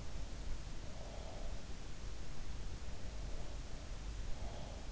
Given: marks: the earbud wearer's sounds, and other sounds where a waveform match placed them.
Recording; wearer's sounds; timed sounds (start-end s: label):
sounds in sleep by an in-ear microphone; breath
0.28-1.79 s: breath
3.30-4.77 s: breath